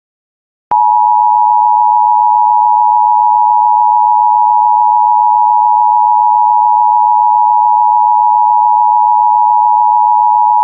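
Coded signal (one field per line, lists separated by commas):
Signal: Emergency Alert System (SAME) tones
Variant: 853 and 960 Hz attention tone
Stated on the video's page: Fictional EAS scenario.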